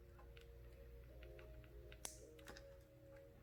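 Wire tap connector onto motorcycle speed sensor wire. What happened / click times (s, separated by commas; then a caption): The plastic wire-tap connector snapped shut / 2.1 s. A plastic wire-tap splice connector is squeezed shut over the speed-sensor wire of a 2015-and-up Yamaha R1 while fitting a HealTech SpeedoHealer, with pliers used if it does not click by hand. Over steady music and a few faint ticks, one sharp click at 2.0 s marks the connector snapping closed and seated.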